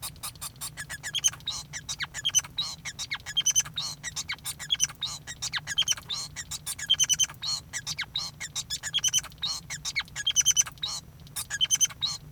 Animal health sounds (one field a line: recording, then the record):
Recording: song of a male Bengalese finch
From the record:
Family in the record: son of father 5